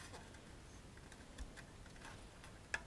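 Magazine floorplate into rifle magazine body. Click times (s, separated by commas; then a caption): 2.7 s. A rifle magazine floorplate, swapped in while replacing a USGI standard follower with a Magpul Enhanced follower, is slid back under the lips of the magazine body after the spring is pushed down, a tight fit. Faint soft ticks and handling sounds come first, then a sharp little click at 2.7 s as the floorplate seats home.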